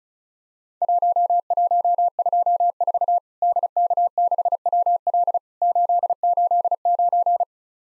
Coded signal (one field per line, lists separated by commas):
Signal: Morse code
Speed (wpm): 36 wpm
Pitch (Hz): 700 Hz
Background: none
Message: 1124 DK6WL 889